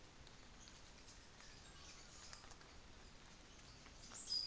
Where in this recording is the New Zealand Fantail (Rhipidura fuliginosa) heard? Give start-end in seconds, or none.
0.32-2.67